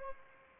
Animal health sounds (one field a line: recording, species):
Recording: mosquito wingbeat signal from an infrared sensor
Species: Anopheles arabiensis